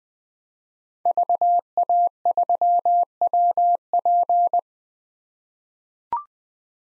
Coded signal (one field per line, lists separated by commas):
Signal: Morse code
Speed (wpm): 20 wpm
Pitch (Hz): 700 Hz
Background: none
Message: VA3WP